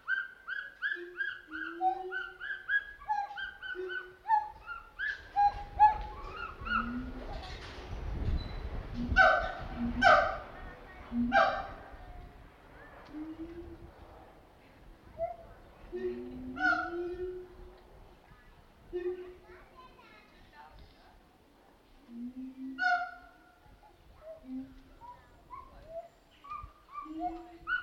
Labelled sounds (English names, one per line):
Siamang